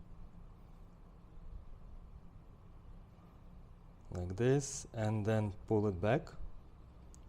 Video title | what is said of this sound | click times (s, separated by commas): Unboxing the Militado ML05 Field Watch: A Rugged Timepiece for Adventure | you hear some click | 7.1 s